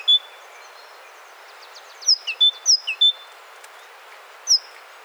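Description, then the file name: Great tit giving a single note, then two quick high-low-middle whistled phrases, then one high note after a pause. "Parus major"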